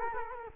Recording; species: mosquito wingbeat signal from an infrared sensor; Culex quinquefasciatus